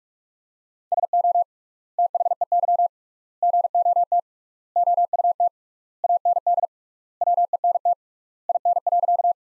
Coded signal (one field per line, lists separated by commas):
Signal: Morse code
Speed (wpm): 43 wpm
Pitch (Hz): 700 Hz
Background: none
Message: SO THEY GOT OUT AND WENT IN.